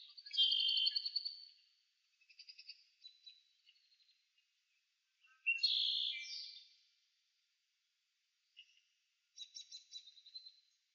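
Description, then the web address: Marsh birds calling: harsh, buzzy high notes in drawn-out bursts, separated by quiet gaps, with a few softer chattering notes near the end. "Partners In Rhyme Marsh Birds"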